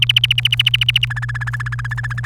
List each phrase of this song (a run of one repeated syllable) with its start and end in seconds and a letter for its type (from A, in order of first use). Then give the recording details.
0.02-1.05 A, 1.10-2.25 B. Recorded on 28 April 2018 at 12:34. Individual llb3